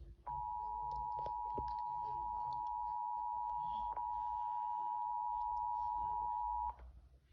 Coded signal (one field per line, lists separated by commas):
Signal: Emergency Alert System (SAME) tones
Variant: 853 and 960 Hz attention tone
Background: speech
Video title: Eas alarms talking